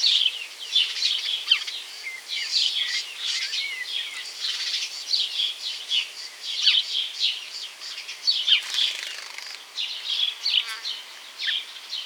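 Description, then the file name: House sparrow chirps, a dense, steady chatter of many quick overlapping notes, with a brief harsher burst in the later part. "Passer domesticus"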